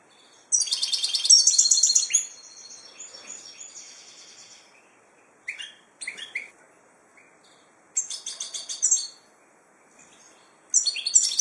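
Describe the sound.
Finch calls: rapid, high, buzzy chirping in dense bursts, a long run at the start, short chirps near six seconds, then further bursts around eight and eleven seconds; quiet background.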